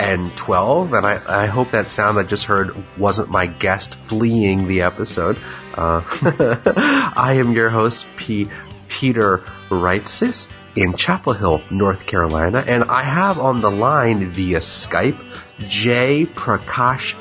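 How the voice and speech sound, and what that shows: Clear adult male speech at an ordinary pace, largely fluent, with one brief repeated sound on a name.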